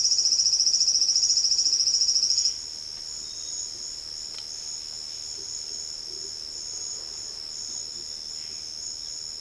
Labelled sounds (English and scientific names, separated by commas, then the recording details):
none
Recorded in secondary vegetation near Puerto Asís, Putumayo, Colombia, on 8 March 2025 at 12:30
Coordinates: 0.488, -76.319
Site G095